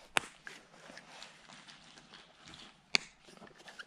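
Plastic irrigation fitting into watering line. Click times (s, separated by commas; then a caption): 0.2 s, 2.9 s. Plastic irrigation fittings are pushed into a garden watering line, giving two sharp snaps at 0.2 s and 3.0 s over a quiet background with faint soft knocks. Each snap shows the fitting has seated properly on the line.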